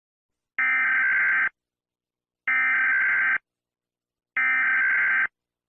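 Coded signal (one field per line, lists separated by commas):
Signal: Emergency Alert System (SAME) tones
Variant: header bursts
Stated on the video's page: Fictional EAS scenario, not a real broadcast alert.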